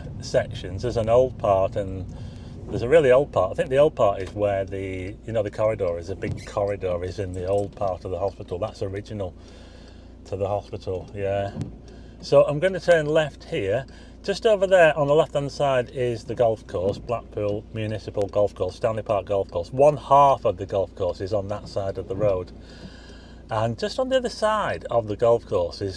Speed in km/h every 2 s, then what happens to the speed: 26, 16, 8, 0, 0, 0, 0, 0, 0, 0, 0, 0, 0.
0-6 brakes to 0. 6-26 standing.